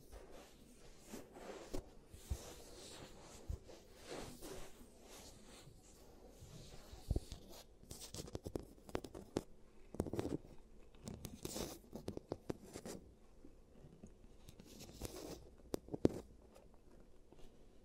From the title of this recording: ASMR Giant Teeth Treatment, Fixing Your Cavities